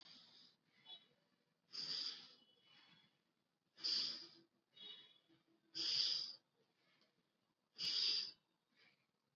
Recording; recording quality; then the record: shallow breathing; excellent, no background noise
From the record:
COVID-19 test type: RT-PCR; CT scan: not taken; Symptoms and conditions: none ticked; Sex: male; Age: 29 years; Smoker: yes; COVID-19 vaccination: both doses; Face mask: worn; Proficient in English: yes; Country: India